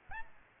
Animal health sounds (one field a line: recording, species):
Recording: mosquito wingbeat signal from an infrared sensor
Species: Aedes albopictus